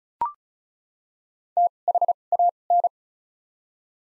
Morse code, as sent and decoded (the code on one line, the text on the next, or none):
- / .... / .- / -.
T H A N